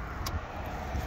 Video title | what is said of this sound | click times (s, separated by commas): Honda Jazz 1.3 i-VTEC SE - Blackpool Honda | once that clicks in that means the seat is then in position and will not move however | 0.3 s